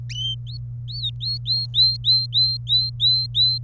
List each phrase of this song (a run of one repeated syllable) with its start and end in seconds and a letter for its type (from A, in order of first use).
0.47-0.57 A, 0.88-3.58 A